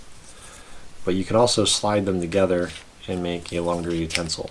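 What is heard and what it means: Two halves of a plastic camping utensil are handled and slid toward each other to form one longer utensil while someone talks. Faint rubbing or handling noise sits under the voice, and nothing has seated or snapped together yet by the end of the clip.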